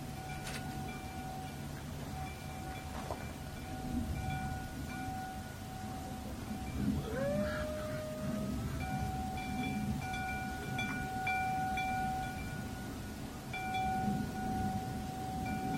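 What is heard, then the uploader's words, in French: A metal chime rings with a long, steady tone and fainter bright overtones above it that hold almost throughout. Around seven seconds the pitch swoops upward and settles again, and a few soft taps land near the start and middle over a constant low rumble. Carillon en métal.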